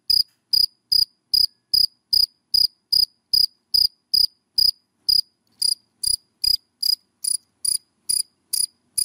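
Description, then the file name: Cricket giving a brisk run of bright, high chirps at a steady pace of a little more than two per second, without pause. Crickets calling, given by the Vietnamese names dế mèn, dế cơm and dế than. "Tieng de men de com de than keu"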